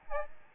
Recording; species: mosquito wingbeat signal from an infrared sensor; Aedes albopictus